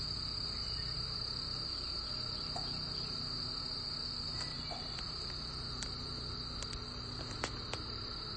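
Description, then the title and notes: Cicadas in a dense chorus, a steady high whining drone that never breaks, with a lower hum beneath and scattered sharp clicks. Cicada chorus, Eastern North America. "a cicada symphony recorded by my sweet friend Heather"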